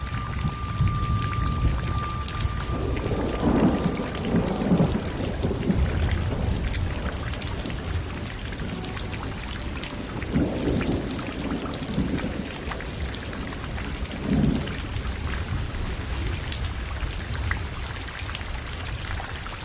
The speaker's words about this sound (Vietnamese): Bốn phía rất yên tĩnh, nghe giọt mưa đánh vào trên màn trúc, cảm thấy tâm tư biến ảo, vui vẻ không nói nên lời.